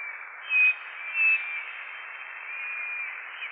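Bird song: two brief high whistled notes about half a second apart, then only steady background hiss.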